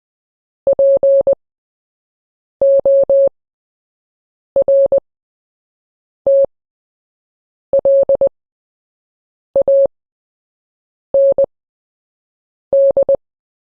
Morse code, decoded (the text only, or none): PORTLAND